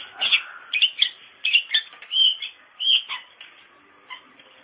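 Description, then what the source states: Long-tailed shrike song of short bursts, sliding whistles and buzzy notes, with brief gaps that grow longer toward the end. Dated 201703 (March 2017).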